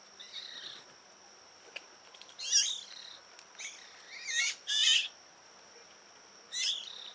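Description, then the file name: Eurasian magpie calls: harsh, rasping chack bursts at irregular intervals, some doubled, with a faint steady high hiss behind. "Pica pica"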